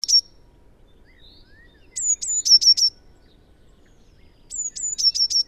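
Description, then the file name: Eurasian blue tit singing high thin phrases: two or three descending whistled notes followed by a fast trill, repeated about every two and a half seconds in quiet surroundings. "Cyanistes caeruleus"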